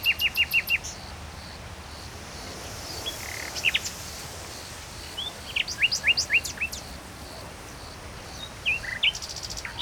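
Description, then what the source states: Common nightingale singing: an opening rapid run of ringing repeated notes, then scattered whistled and chirping notes in varied short phrases. Trilling song, recorded in Saint-Chamas, Provence-Alpes-Côte d'Azur, France, just before nightfall, with Line Audio microphones and a MixPre-3 II recorder.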